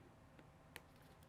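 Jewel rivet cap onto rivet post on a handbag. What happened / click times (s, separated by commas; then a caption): A small metal cap snapped into place / 0.8 s. A metal jewel rivet cap, with a jewel and felt behind it, is pressed onto a rivet post on a handbag. A faint tick sounds at 0.4 s, then a sharp snap at 0.8 s as the cap seats on the rivet post.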